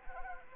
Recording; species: mosquito wingbeat signal from an infrared sensor; Anopheles arabiensis